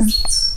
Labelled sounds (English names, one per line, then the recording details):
Stitchbird song
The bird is a male
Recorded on Tiritiri Matangi Island, New Zealand, in 2005
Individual 20, of nest box 28